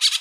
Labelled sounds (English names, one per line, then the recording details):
Brown-throated Parakeet contact call
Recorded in Bonaire
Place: just S of turnoff to Cai, near Lac Bay
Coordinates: 12.126, -68.239